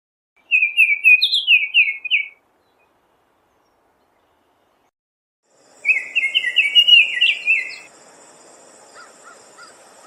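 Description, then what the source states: Bird giving a bright, quick chattering phrase of squeaky notes, then a longer chattering run after a pause, with faint background hiss afterwards. Arizona.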